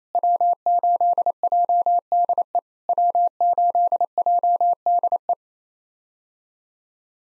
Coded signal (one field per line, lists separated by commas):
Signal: Morse code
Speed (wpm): 28 wpm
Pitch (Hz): 700 Hz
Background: none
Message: W8JDE W8JDE